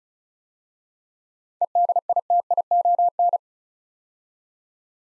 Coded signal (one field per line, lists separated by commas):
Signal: Morse code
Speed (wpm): 36 wpm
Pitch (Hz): 700 Hz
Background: none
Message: EDITION